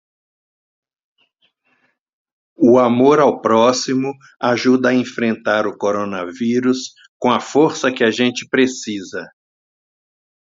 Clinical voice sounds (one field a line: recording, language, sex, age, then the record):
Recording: spoken sentence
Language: Brazilian Portuguese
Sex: male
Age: 70 to 79 years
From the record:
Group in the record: control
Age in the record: 70 years